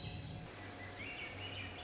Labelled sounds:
Swainson's Thrush
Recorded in Sonoma County, California

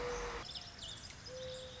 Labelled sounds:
Mourning Dove
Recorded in Sonoma County, California

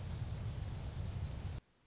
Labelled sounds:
Orange-crowned Warbler
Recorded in Sonoma County, California

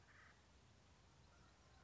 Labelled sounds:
Acorn Woodpecker
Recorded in Sonoma County, California

